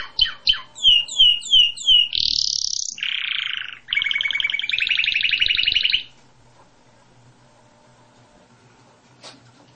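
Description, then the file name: Canary song opening with a string of quick repeated whistles, followed by a high sweep, a low buzzy roll and a long rattling trill, then near silence. "Canary Voice"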